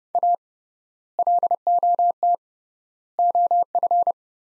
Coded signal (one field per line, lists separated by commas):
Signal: Morse code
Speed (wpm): 32 wpm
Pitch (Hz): 700 Hz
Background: none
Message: A LOT OF